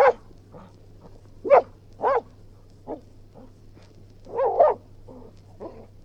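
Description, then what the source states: Springer spaniel barking unevenly, including a doubled wavering bark near the end, with fainter sounds between, over a low steady hum. Springer spaniel barking, growling and panting.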